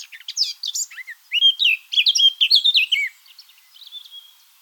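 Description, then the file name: Eurasian blackcap song, a fast chattering warble that swells into loud, clear fluting phrases and fades into soft high notes. "Sylvia atricapilla"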